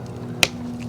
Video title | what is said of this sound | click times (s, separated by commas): 2000 - 2007 Toyota Sequoia Brake Light Bulb Replacement - How to Remove the Brake Light Housing | All we need to do is just press this straight in till it clicks in place | 0.4 s